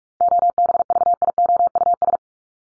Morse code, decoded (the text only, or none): OBVIOUS